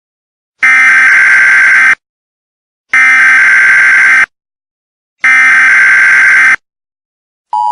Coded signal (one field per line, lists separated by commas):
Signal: Emergency Alert System (SAME) tones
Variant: header bursts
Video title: EAS: "New Emergency Alert System message" Follow Up